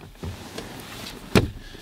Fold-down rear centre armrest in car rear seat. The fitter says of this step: has two cupholders to and it locks in place